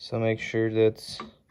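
Someone talks while a metal sprocket is handled and lined up with the two flat spots on an engine oil pump shaft during a balance shaft delete. Nothing has seated or clicked yet.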